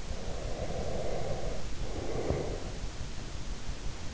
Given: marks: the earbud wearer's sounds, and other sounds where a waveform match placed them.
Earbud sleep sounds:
sounds in sleep by an in-ear microphone; breath
0.15-2.72 s: breath

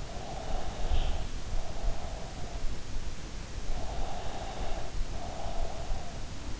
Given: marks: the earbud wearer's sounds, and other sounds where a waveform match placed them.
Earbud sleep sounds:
sounds in sleep by an in-ear microphone; breath
0.20-2.52 s: breath
3.78-6.46 s: breath

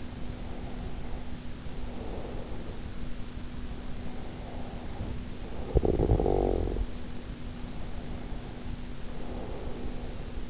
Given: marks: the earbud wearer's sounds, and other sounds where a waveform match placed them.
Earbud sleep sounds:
sounds in sleep by an in-ear microphone; breath, snoring breath
0.00-2.91 s: breath
3.58-7.29 s: snoring breath
7.58-10.50 s: breath

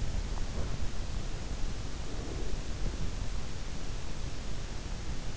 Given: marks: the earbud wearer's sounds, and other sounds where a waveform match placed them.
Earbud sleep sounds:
sounds in sleep by an in-ear microphone; breath
1.67-4.05 s: breath

